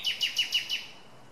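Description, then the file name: Common nightingale song fragment: five loud, identical notes repeated quickly and evenly, then a short silence. "Luscinia megarhynchos"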